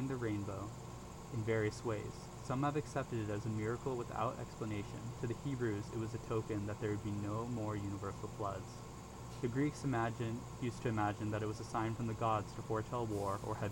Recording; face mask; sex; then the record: reading aloud; surgical mask; male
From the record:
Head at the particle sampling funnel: turned sideways, cheek in front of it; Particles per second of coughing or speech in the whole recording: 0.0258